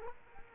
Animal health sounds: mosquito wingbeat signal from an infrared sensor; Culex quinquefasciatus

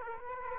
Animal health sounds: mosquito wingbeat signal from an infrared sensor; Aedes aegypti

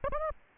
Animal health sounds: mosquito wingbeat signal from an infrared sensor; Aedes aegypti

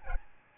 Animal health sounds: mosquito wingbeat signal from an infrared sensor; Aedes albopictus

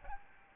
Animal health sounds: mosquito wingbeat signal from an infrared sensor; Aedes albopictus

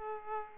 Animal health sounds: mosquito wingbeat signal from an infrared sensor; Aedes aegypti

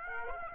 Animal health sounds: mosquito wingbeat signal from an infrared sensor; Aedes aegypti

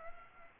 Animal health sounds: mosquito wingbeat signal from an infrared sensor; Aedes aegypti

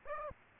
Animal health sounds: mosquito wingbeat signal from an infrared sensor; Aedes aegypti

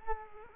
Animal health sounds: mosquito wingbeat signal from an infrared sensor; Culex quinquefasciatus

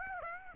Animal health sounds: mosquito wingbeat signal from an infrared sensor; Aedes aegypti

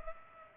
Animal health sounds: mosquito wingbeat signal from an infrared sensor; Culex pipiens

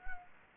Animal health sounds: mosquito wingbeat signal from an infrared sensor; Anopheles gambiae

